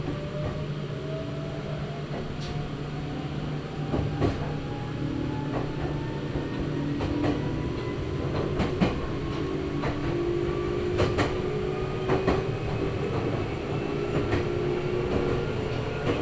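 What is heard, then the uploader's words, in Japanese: A Meitetsu Gamagori Line train runs from Gamagori toward Kira-Yoshida, its steady low rumble filling the clip. A motor whine climbs slowly in pitch throughout, with a low hum underneath, while sharp clacks and knocks from the wheels break in every second or so. 名古屋鉄道 蒲郡線 蒲郡→吉良吉田。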